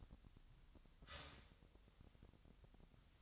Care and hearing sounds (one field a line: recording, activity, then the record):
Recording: daily activity, microphone in the room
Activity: start toaster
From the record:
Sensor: 3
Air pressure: 1001.9 hPa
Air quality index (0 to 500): 245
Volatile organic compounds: 49 ppm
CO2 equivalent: 3278 ppm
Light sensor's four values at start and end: 14/41/18/15 and 14/41/18/15